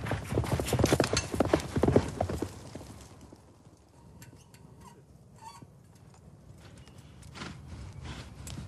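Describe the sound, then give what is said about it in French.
A horse gallops in yabusame mounted archery in Japan, along a track over 200 metres long, with a rapid, loud drumming of hoofbeats for about three seconds, then the pounding fades into quieter, scattered thuds and clicks. “Les cavaliers doivent galoper sur une piste longue de plus de 200 mètres et atteindre trois cibles distinctes.”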